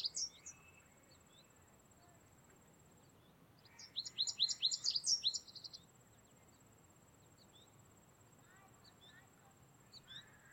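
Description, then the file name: American Goldfinch calling, a quick run of high, sharp, descending chirps lasting about two seconds, with scattered faint notes before and after. "Carduelis tristis - American Goldfinch"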